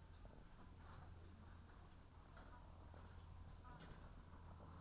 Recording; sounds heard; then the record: poultry house recording; sick chickens (respiratory disease)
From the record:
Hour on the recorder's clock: 17